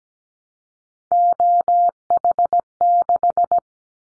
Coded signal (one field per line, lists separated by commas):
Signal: Morse code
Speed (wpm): 17 wpm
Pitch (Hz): 700 Hz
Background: none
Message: OH6